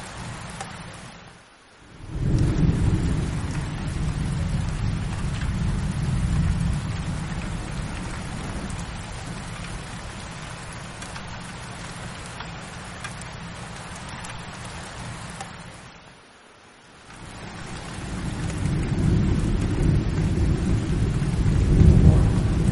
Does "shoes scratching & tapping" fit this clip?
no